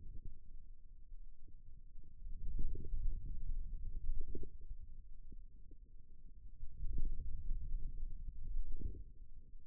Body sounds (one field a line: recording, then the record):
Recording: forearm muscle sounds (acoustic myography)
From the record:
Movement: finger pinch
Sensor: system 2, bracelet of six BSWA MPA416 microphones around the upper forearm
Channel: 4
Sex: male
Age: 22 years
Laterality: right